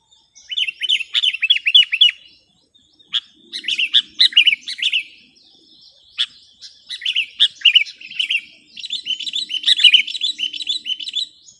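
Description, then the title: Sooty-headed bulbul song: several bursts of quick, warbling chirps split by short pauses. "kutilang"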